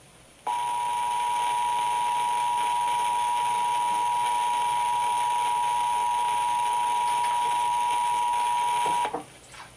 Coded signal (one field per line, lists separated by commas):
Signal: Emergency Alert System (SAME) tones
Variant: 853 and 960 Hz attention tone